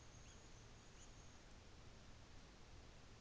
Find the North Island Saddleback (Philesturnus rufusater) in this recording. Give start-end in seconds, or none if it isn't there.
none